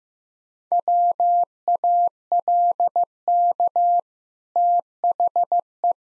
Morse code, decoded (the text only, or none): WALK THE